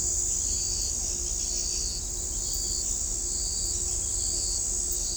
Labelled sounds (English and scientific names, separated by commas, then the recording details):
none
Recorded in shrubland near Pivijay, Magdalena, Colombia, on 3 June 2023 at 03:30
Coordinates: 10.453, -74.365
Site P5-G022